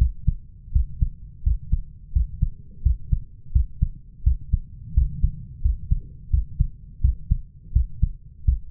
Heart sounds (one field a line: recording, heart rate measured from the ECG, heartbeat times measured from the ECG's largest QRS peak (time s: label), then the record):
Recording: heart sounds by stethoscope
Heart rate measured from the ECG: 85 bpm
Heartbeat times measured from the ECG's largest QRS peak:
0.00 s: heartbeat
0.74 s: heartbeat
1.45 s: heartbeat
2.15 s: heartbeat
2.85 s: heartbeat
3.54 s: heartbeat
4.25 s: heartbeat
4.96 s: heartbeat
5.64 s: heartbeat
6.32 s: heartbeat
7.03 s: heartbeat
7.75 s: heartbeat
8.47 s: heartbeat
From the record:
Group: healthy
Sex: male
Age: 21 years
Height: 175 cm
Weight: 72.6 kg